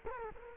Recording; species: mosquito wingbeat signal from an infrared sensor; Culex quinquefasciatus